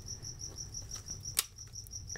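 A keg-style quick connect coupling is pushed onto the water-tank side fitting of a rinseless power wash setup, and it has to be nudged home. A sharp click at 1.4 s shows it has seated. A steady cricket-like chirping runs underneath, with a faint tick near 1.9 s.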